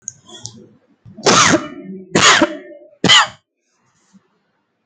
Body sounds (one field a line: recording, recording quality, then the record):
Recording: heavy voluntary cough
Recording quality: moderate, slight background noise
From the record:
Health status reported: healthy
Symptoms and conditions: none ticked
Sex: female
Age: 35 years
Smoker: not ticked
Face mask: not worn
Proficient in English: yes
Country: India